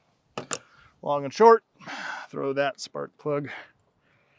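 Someone talks while handling the rubber spark plug wire boot by the freshly installed spark plug on a John Deere X739 lawn tractor engine, with two short sharp transients near 0.4 s and 0.5 s. The boot has not yet been pushed home, and nothing has seated or clicked yet.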